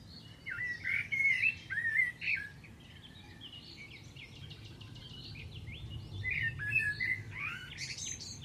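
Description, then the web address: Bird chirping in short bursts of warbled, slurred notes early on, then a quieter pause, then more chirps near the end over a low rumble. "cianscape birddata Deverinetal 2025 Bird Only Tu Me"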